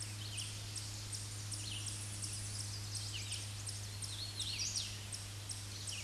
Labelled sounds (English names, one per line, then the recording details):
Hooded Warbler song
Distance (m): 15 m
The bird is about 10 m above the microphone
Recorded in a Pennsylvania forest on 16 May 2024 at 07:56
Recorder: AudioMoth, point MSD-0079
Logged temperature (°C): 16.1 °C
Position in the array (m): 145 m, 90 m